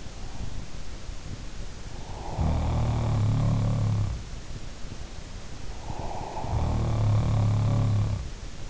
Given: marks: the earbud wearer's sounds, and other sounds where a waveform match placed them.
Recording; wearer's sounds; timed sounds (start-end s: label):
sounds in sleep by an in-ear microphone; breath
1.92-3.63 s: breath
2.29-4.29 s: sound from someone else or the room
5.71-7.30 s: breath
6.19-8.41 s: sound from someone else or the room